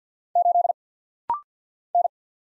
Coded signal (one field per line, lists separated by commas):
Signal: Morse code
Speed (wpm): 48 wpm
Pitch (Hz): 700 Hz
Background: none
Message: 8 N